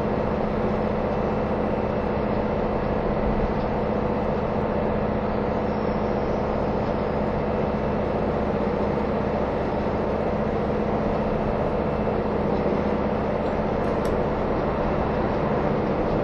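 Onboard the KiHa 183 series diesel train on its Kumamoto to Miyaji run, a dense, steady rumble holds at an even level throughout. A constant low engine drone sits under a rough roar of wheels and running noise, with a faint tick near fourteen seconds.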